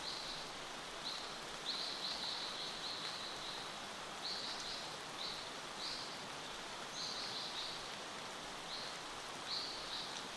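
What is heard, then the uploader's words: Gentle rain taps steadily on leaves and the forest floor, a dense even hiss, while high thin bird chirps come and go throughout. Water drops are tapping gently on the leaves and the forest floor.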